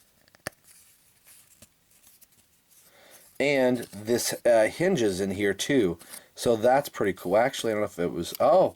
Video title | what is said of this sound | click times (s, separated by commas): DC Collectibles Arkham Knight - Robin | if you want to like activate the bullet shield the cool thing is this pops right in place and | 0.5 s